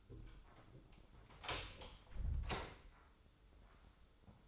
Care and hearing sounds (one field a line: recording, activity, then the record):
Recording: daily activity, microphone in the room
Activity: close door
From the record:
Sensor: 3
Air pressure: 996.1 hPa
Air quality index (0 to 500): 65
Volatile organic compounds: 3 ppm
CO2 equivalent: 1502 ppm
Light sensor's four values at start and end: 14/34/14/15 and 14/33/14/14